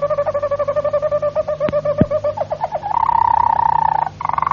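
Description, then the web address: Harz Roller canary song: a fast, even rolling trill of soft low notes that shifts to a smooth sustained whistle, then a bubbling roll; two sharp clicks and a steady low hum. "canarios cantoharz"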